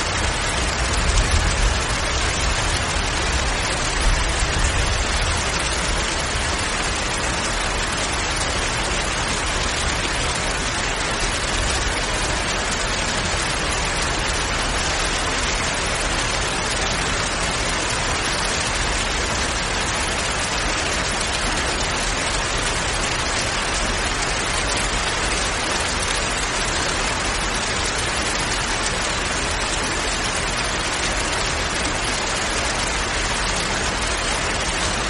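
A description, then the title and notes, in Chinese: Steady, dense rain hisses evenly throughout, with a low rumble of thunder rolling in the first few seconds before fading into constant downpour. 雷雨声 雨声环境。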